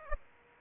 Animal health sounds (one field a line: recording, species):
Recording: mosquito wingbeat signal from an infrared sensor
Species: Aedes aegypti